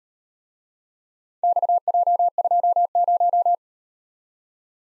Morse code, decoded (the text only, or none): XJ20